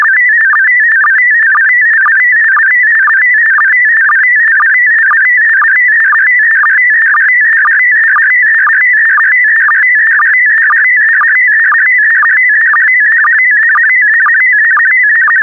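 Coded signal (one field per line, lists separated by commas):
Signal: SSTV (slow-scan television)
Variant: PD120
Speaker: the next image transmission will start in 10 seconds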